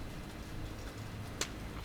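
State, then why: Seated. Two plastic halves of a weatherproof wiring connector from a Diode Dynamics Stage Series 8 rock light kit are lined up by their arrows, and the rock light pigtail connector is pushed into the mating harness connector over a low steady background rumble. A single sharp click at 1.4 s marks the connector snapping together and seating, which is confirmed.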